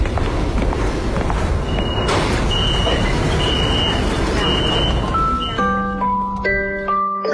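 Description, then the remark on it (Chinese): A subway train pulls into the platform with a steady heavy rumble, a series of short high warning beeps, then stepped electric tones from the motors as it slows. “哎，宝贝儿，你看地铁来了，咱们一起排队上车喽。”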